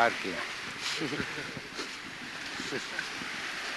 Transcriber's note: laughter